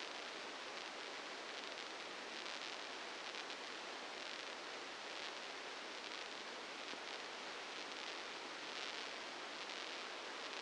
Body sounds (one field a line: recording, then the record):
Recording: brain microelectrode recording played as sound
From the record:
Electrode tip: inside the subthalamic nucleus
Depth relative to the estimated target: -3 mm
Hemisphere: left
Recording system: NeuroSet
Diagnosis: Parkinson's disease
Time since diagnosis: 8 years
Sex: male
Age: 59 years